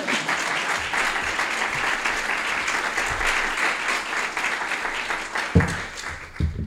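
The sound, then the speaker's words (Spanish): Sustained audience applause welcoming a journalist, a dense wash of many hands clapping steadily and fairly loudly for several seconds, with a few sharper individual claps near the end. “Un aplauso, por Dios.”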